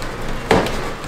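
During reassembly after installing a Macht Schnell underdrive pulley kit on a BMW E92 M3, an engine bay clip or fitting is pushed all the way into its mount. A single sharp hit at 0.5 s marks the part seating fully home, with faint background noise throughout.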